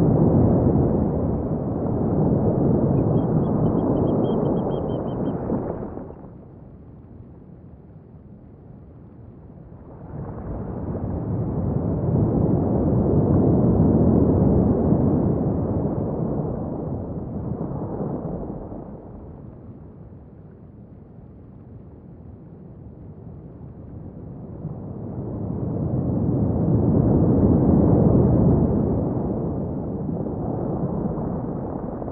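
Ocean waves roll onto the shore in slow surges, each swelling to a deep, rushing wash before easing into a quieter lull, roughly every ten seconds. The sound is full and low, with no sharp hiss. A faint, high bird call drifts in near the start.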